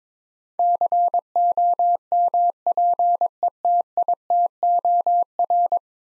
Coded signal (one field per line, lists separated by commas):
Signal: Morse code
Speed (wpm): 22 wpm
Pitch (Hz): 700 Hz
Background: none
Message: COMPETITOR